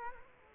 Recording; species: mosquito wingbeat signal from an infrared sensor; Culex quinquefasciatus